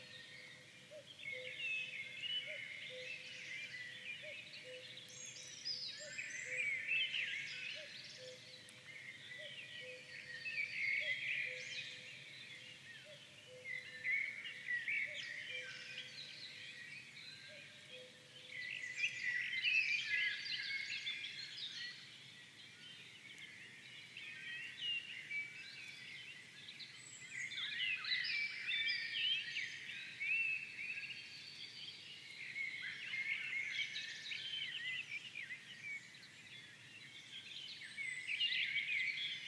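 A dense dawn chorus of thrushes, warblers and tits swells and fades continuously, with a low, regular piping call repeating through the first twenty seconds.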